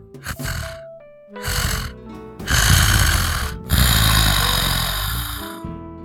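A sleeping woman snores loudly and raspingly in several drawn-out parts, each breath a rough rumbling burst laced with whistling tones, rising and falling across four swells with no talking.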